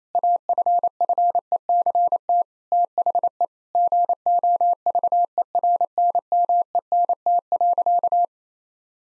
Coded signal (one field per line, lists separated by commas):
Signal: Morse code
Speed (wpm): 28 wpm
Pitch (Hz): 700 Hz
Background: none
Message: AFFECT THE GOVERNMENT.